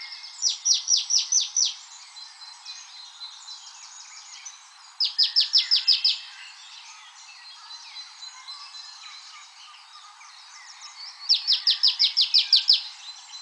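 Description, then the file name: Marsh tit calling in three fast bursts of high, repeated down-slurred notes, each burst about a second long, with faint bird chatter between them. "Poecile palustris"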